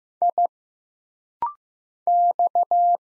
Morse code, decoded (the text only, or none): I X